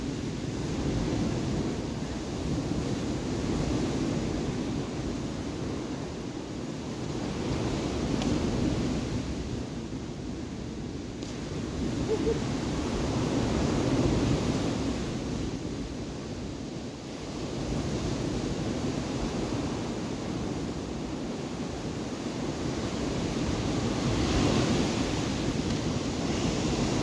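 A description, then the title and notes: Ocean surf rolls onto a beach in a steady, dense wash. Louder swells rise and recede every few seconds, around 4, 9, 13, 20 and 25 seconds. Wind buffets the microphone throughout, adding a low rumble beneath the hiss of the water. Brazilian Ocean. BRAZILIAN beach sounds.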